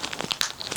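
A two-piece ostomy pouch's plastic coupling ring is pressed onto the skin barrier baseplate flange around the stoma, working around the ring amid light crinkling. Sharp plastic clicks sound at 0.3 s and 0.4 s as the pouch snaps on and is seated.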